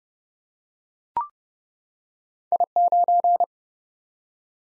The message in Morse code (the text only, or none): I9